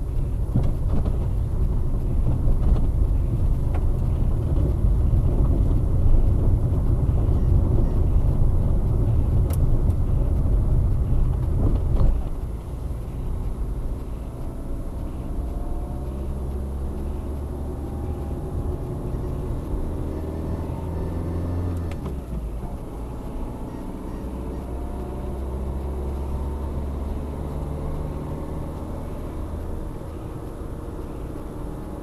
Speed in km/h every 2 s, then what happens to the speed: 23, 25, 27, 27, 27, 27, 28, 32, 33, 37, 42, 45, 50, 57, 60, 59.
0-12 steady at about 27. 12-27 speeds up to 60.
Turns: none.